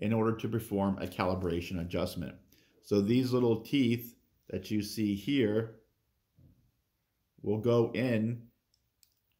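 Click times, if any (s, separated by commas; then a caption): 9.0 s. Someone talks while the small teeth of a calibration tool are rotated onto the calibration screw of a manual air-displacement Rainin Classic pipette to make a calibration adjustment. After a faint tick at 8.7 s, a short, quiet click at 9.0 s marks the tool seating in the screw.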